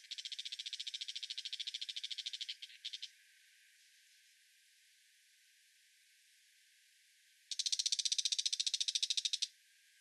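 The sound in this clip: Brown shrike scratchy chattering rattle for about two and a half seconds, a few stray notes, silence, then a second rapid rattle of nearly two seconds.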